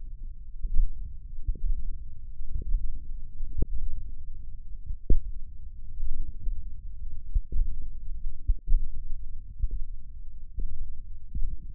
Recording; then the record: forearm muscle sounds (acoustic myography)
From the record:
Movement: finger pinch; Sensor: system 1, eight BSWA MPA416 microphones around the upper forearm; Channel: 8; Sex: male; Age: 20 years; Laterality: left